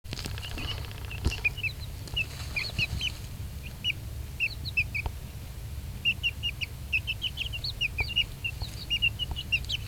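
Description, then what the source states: Silkie chicken chicks peeping in quick, high chirps, with a lull in the middle, over a low continuous hum. Chicks about one month old, taking a dirt bath in the sun after foraging under shrubbery among recently fallen leaves and limbs.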